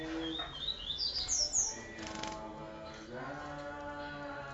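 Double-collared Seedeater singing a fast sequence of sharp, high twittering notes that rise in pitch, then lower sustained tonal background sounds.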